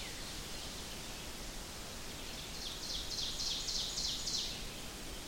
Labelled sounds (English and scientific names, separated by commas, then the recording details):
Ovenbird (Seiurus aurocapilla) song
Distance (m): 60 m
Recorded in boreal forest in Alberta, Canada, on 4 June 2016 at 05:55
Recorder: SongMeter 3, array SBT-3-51
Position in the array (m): 274 m, 125 m
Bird 28